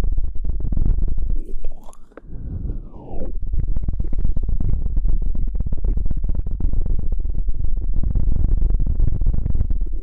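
Wet mouth sounds with dense clicking and smacking throughout, briefly pausing near two seconds for a soft rising hum, then continuing steadily.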